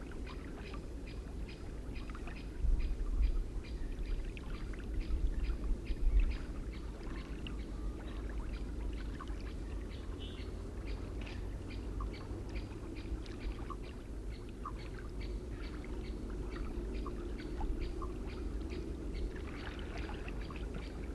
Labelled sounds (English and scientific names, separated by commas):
Common Merganser (Mergus merganser) call